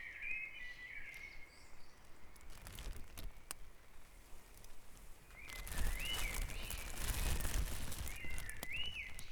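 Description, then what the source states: Bird song at dawn, looped rising-and-falling whistled phrases repeated several times, with a swelling broad rushing noise in the second half. Dawn chorus recorded at Back Dragon Avenue, Harrogate, as part of a sound map of Harrogate.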